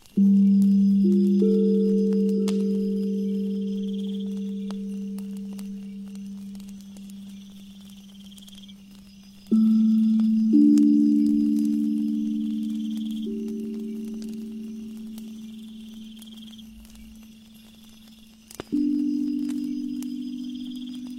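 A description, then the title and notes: A low, ringing tongue drum is struck about every nine seconds, each note swelling into a bowl-like hum that slowly fades across the gap. A steady chorus of high insects hangs in the background, with faint scattered crackles from a fire. 528Hz ethereal drum, bonfire, firewood sound, insects.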